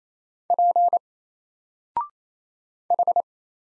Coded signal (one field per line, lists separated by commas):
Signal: Morse code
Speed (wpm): 27 wpm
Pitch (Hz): 700 Hz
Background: none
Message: P H